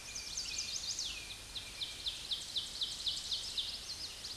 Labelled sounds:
Ovenbird (Seiurus aurocapilla) song
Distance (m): 30 m
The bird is about level with the microphone
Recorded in a Pennsylvania forest on 16 May 2024 at 07:34
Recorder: AudioMoth, point MSD-1482
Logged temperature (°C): 15.6 °C
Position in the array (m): 209 m, 129 m

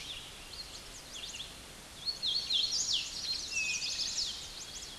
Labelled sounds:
Hooded Warbler (Setophaga citrina) song
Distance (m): 5 m
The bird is about 5 m above the microphone
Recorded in a Pennsylvania forest on 16 May 2024 at 09:44
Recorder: AudioMoth, point MSD-2181
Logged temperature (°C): 12.8 °C
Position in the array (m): 158 m, 108 m

